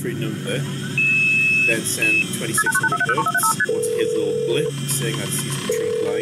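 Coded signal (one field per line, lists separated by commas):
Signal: multi-frequency trunk signalling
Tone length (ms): 60 ms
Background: speech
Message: KP29035ST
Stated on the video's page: Modem handshake and trunk signalling tones heard in a self-made 1980s-era hacking game, demoed in an impromptu stream.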